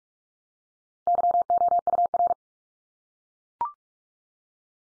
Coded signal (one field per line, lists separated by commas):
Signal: Morse code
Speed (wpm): 44 wpm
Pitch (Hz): 700 Hz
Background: none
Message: YOUR